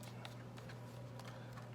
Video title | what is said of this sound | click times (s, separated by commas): INSTALL VIDEO for 2020 Apple iPad 8th Generation Otterbox Defender Series Pro | Click, click, click, and we're in. | 0.2 s, 0.6 s, 1.2 s